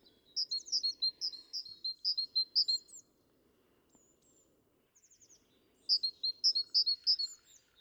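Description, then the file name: Great tit delivering a run of sharp paired notes, high then lower, a pause with a few faint thin notes, then another burst of the same pairs. "Parus major"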